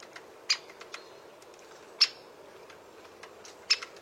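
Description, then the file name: Great spotted woodpecker calls: three loud, abrupt kik notes, with softer ticking clicks between them against a quiet hiss. "Canto do pica pau malhado grande"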